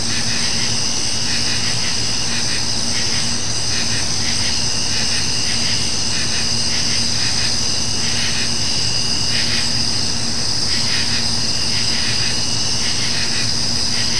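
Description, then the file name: Insects in a sustained shrill chorus, with repeated bursts of pulsing chirps throughout and a steady low-pitched hum in the background. Nature ambience of insects on a summer night. "kevin boucher nature ambience summer insects night"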